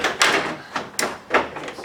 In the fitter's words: Snaps into place. There we go.